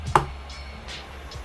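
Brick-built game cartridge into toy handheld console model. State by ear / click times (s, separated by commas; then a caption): seated / 0.2 s. A brick-built game cartridge is slid into the slot of a LEGO Game Boy model and clicks into place with a single sharp, short snap at 0.2 s. Only faint background noise follows, and the cartridge is seated.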